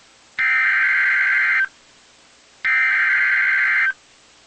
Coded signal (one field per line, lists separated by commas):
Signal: Emergency Alert System (SAME) tones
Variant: header bursts